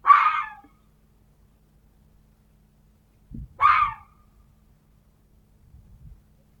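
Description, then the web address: Red fox uttering two hoarse yapping barks roughly three and a half seconds apart, with faint low thuds around the second. "glos lisa"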